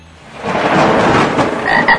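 A dense chorus of frogs croaks continuously, a loud rasping mass of overlapping calls, with a few higher, clearer chirps standing out near the end. No voices are heard.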